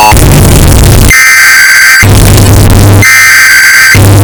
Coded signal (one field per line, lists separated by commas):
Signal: Emergency Alert System (SAME) tones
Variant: header bursts